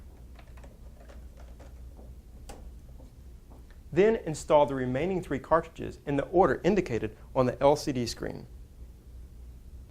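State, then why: Seated. A black ink cartridge is pushed into the black colour-coded slot in the ink compartment of a Brother printer and clicks into place at 2.5 s, with a few softer taps before and after. Afterward, someone talks over a low steady hum.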